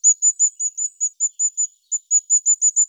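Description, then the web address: Firecrest calling: a rapid series of very high, thin, short notes, about five per second, with one brief pause midway. "Regulus ignicapillus"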